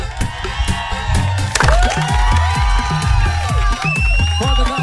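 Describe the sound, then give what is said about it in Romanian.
A big beach crowd cheers, whoops and claps for a band, rising shouts overlapping, while a steady thumping bass beat pulses loudly underneath throughout. “Aplauze pentru Loredana și banda Gurida!”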